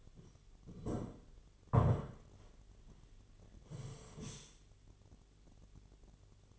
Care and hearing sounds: daily activity, microphone in the room; sit down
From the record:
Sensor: 4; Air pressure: 1008.6 hPa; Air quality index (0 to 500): 170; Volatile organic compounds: 5 ppm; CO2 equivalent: 1706 ppm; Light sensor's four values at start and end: 23/72/27/26 and 23/72/27/26

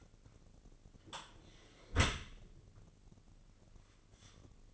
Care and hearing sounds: daily activity, microphone in the room; close dishwasher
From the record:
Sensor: 4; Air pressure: 1013.2 hPa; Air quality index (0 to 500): 176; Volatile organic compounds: 2 ppm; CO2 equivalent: 1109 ppm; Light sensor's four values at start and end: 75/186/77/79 and 74/184/76/78

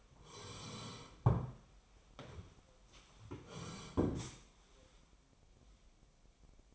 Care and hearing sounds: daily activity, microphone in the room; sit down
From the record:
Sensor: 1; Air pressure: 1015.2 hPa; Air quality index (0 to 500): 189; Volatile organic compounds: 19 ppm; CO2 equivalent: 2643 ppm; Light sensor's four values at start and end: 12/29/12/13 and 12/28/11/12

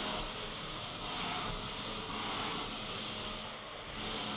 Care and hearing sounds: daily activity, microphone in the room; vacuum cleaning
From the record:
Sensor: 4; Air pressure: 1002.9 hPa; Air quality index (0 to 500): 242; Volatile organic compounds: 18 ppm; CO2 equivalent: 2631 ppm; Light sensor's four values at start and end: 5/11/4/4 and 5/11/4/4

